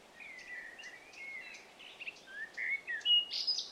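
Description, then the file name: Eurasian blackcap song: a soft, chattering warble that builds into louder, clear fluting whistles at the end, over a light hiss. "Sylvia atricapilla"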